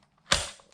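A GreenWorks 40V battery pack is slid into its charger and latches with one sharp, loud click at 0.3 s. The click rings out briefly before fading, followed by a faint tick near 0.7 s. The pack is seated in the charger.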